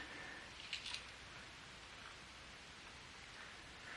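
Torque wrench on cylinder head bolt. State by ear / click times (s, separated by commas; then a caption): not seated / none. A torque wrench, flipped over to change its alignment on an extension, is pulled on the rear cylinder head bolt of a 1975 Harley XL being rebuilt. Two brief faint metallic ticks come near 0.7 and 0.9 seconds over steady background hiss. The wrench has not clicked yet.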